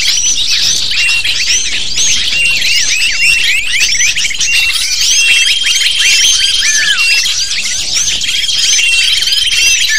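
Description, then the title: Lovebird chatter, rapid shrill chirps massed together in a continuous high chorus, with thin level whistles running through the second half. Lure call used to attract lovebirds. "PIKAT BURUNG LOVEBIRD"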